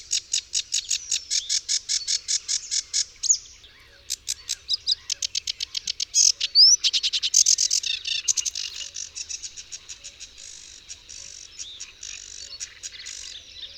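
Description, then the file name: Sedge warbler singing a fast series of repeated chattering notes, then a brief pause, more varied scratchy phrases and a thin upslurred whistle before trailing off. "Rokitniczka"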